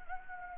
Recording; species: mosquito wingbeat signal from an infrared sensor; Anopheles gambiae